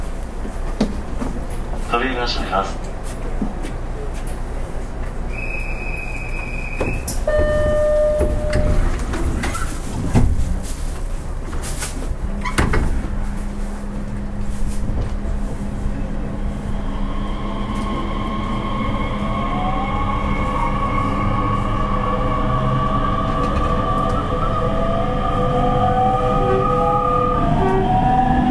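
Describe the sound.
A Nishitetsu 3000 series train runs with a steady low rumble, broken by clicks and clunks around the tenth to thirteenth seconds. Short whistling tones appear near five to eight seconds, then from about twelve seconds a rising motor whine layers several steady tones as the train speeds up.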